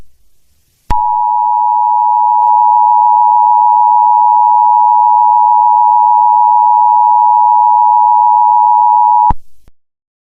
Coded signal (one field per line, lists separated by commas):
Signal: Emergency Alert System (SAME) tones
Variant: 853 and 960 Hz attention tone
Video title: (Eas Scenario/Analog Horror) Blue Moon Virus